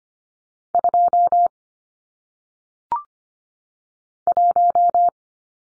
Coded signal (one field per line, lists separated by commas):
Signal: Morse code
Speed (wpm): 25 wpm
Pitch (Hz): 700 Hz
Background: none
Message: 2 1